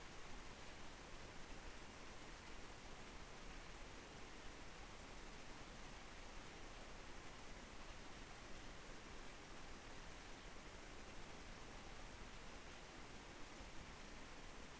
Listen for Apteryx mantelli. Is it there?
no